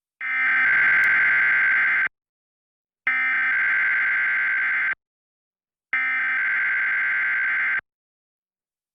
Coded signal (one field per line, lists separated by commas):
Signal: Emergency Alert System (SAME) tones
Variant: header bursts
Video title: WOFL - EAS Test - 9/15/2020